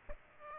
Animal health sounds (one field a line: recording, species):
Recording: mosquito wingbeat signal from an infrared sensor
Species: Aedes aegypti